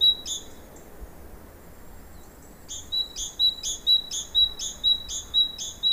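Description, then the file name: Great tit song: a single phrase at the start, then after a pause a steady series of several sharp two-note phrases repeated rhythmically to the end. "Parus major"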